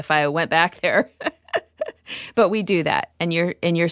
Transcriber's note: laughter